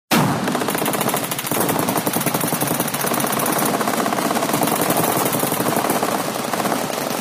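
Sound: gunfire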